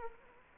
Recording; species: mosquito wingbeat signal from an infrared sensor; Culex quinquefasciatus